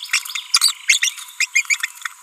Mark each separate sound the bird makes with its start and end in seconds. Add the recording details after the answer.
0.13-0.22, 0.54-0.71, 0.89-0.98, 1.02-1.10, 1.40-1.45. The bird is a female. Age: 30 days. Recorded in a nest box in Venezuela. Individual 17B42B3